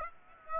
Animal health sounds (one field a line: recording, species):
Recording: mosquito wingbeat signal from an infrared sensor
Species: Aedes aegypti